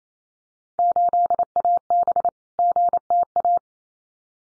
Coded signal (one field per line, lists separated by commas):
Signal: Morse code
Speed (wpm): 28 wpm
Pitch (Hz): 700 Hz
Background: none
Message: 8AB GTA